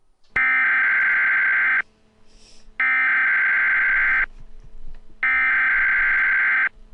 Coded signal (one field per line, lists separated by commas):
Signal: Emergency Alert System (SAME) tones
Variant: header bursts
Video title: EAS Mock - Black Mesa Research Facility Explosions (Still using Bandicam...)